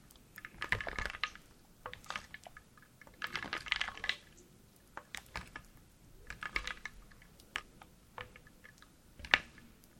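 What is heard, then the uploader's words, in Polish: A "wooden soup" of small hard pieces clacks and rattles in quick, uneven clusters, with denser flurries around one second, three to four seconds, and near six and a half seconds. Sparse single knocks fill the gaps, and a sharp click lands near nine seconds. Drewniana zupa IDEALNE NA SEN ASMR po polsku!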